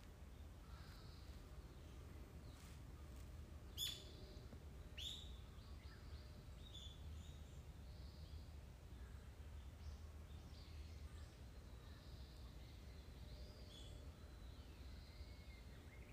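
Birds call in the woods over a steady low rumble, with short chirps and tweets scattered through the recording. Two sharp, bright clicks stand out near four and five seconds, and faint higher calls drift in and out.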